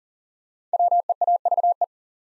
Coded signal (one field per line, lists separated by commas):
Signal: Morse code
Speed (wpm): 40 wpm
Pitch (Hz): 700 Hz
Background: none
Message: WEAVE